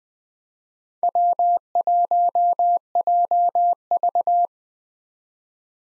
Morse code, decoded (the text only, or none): W1JV